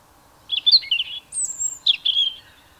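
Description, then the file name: European robin, high thin squeaky notes and a high whistle sliding down, in short bursts, over a faint steady hum. "Erithacus rubecula"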